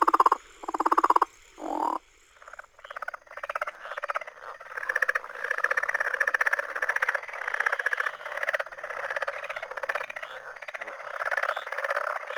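Southern leopard frog calls: a few grating croaks open, then a long steady chuckling run of pulsed clucks continues with slight swells for about ten seconds.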